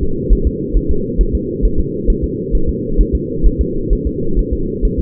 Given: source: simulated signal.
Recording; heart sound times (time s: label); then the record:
fetal heart sounds
0.03 s: S2
0.33 s: S1
0.47 s: S2
0.77 s: S1
0.91 s: S2
1.21 s: S1
1.35 s: S2
1.65 s: S1
1.80 s: S2
2.10 s: S1
2.24 s: S2
2.55 s: S1
2.69 s: S2
3.01 s: S1
3.15 s: S2
3.47 s: S1
3.61 s: S2
3.93 s: S1
4.07 s: S2
4.39 s: S1
4.53 s: S2
4.85 s: S1
5.00 s: S2
From the record:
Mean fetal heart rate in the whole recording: 135 bpm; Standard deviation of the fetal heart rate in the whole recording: 3 bpm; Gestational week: 36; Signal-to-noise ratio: -8.1 dB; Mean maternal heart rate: 72 bpm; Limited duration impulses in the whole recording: present